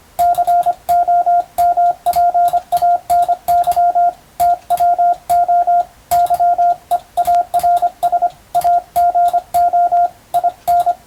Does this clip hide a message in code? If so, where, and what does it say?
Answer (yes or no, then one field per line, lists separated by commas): yes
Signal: Morse code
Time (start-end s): 0.2-10.9 s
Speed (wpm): 25 wpm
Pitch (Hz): 700 Hz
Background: radio noise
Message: COMPANY TWO YEARS AGO IN